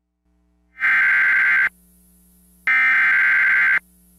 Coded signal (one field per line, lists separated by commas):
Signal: Emergency Alert System (SAME) tones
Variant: header bursts